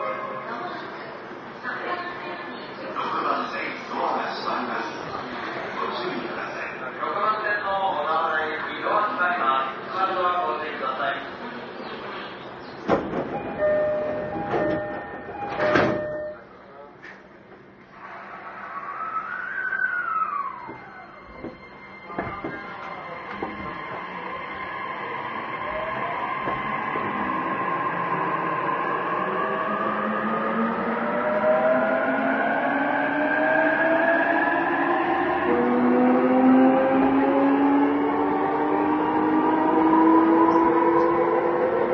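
An E233 series train running between Yokohama and Odawara. Voices fill the first twelve seconds, then a few sharp thumps land around 13 to 16 seconds. From about 22 seconds the motor whine climbs steadily in pitch and grows louder as the train accelerates.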